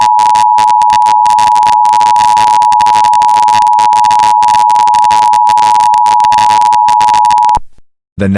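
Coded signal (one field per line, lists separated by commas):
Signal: Emergency Alert System (SAME) tones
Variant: 853 and 960 Hz attention tone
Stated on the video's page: Fictional EAS scenario alert tones about a meteor, fan-made.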